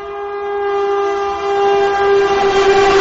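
A train horn blares in one long, steady, mid-pitched tone for several seconds, loud and unbroken, with a low rumbling of the train beneath it that swells slightly toward the end.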